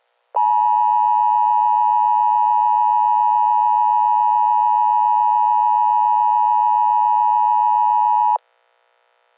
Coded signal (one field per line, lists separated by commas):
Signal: Emergency Alert System (SAME) tones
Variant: 853 and 960 Hz attention tone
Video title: EAS Scenario 1: Paczkis Gone Bad!